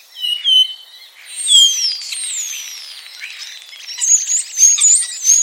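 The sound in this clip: Common starling whistles, loud clear notes with long slurred descending glides, then short repeated wavering whistles near the end.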